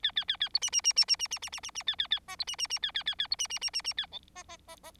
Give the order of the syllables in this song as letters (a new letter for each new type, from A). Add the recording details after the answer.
A A A A B C C C C C C C C C C C A A A D B C C C A A A A B C C C C C A E D D D D. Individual Bird4